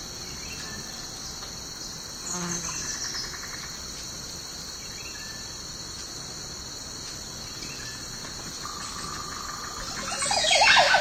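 A forest in early morning, filled with a steady, high, continuous buzz of crickets and insects. A brief chirp stands out near two seconds, a soft mid-pitched call around nine seconds, and a brighter rustling swell builds in the final second.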